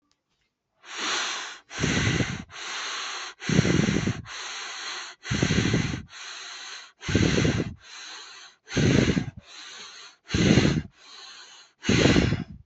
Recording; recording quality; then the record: shallow breathing; excellent, no background noise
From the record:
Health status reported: healthy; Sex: male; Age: 31 years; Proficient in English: yes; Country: India